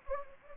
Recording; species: mosquito wingbeat signal from an infrared sensor; Anopheles gambiae